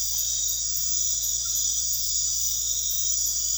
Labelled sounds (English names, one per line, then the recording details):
none
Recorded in pastures near Puerto Asís, Putumayo, Colombia, on 4 March 2025 at 23:30
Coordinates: 0.502, -76.324
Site GP07